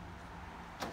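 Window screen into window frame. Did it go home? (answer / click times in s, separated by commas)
no / none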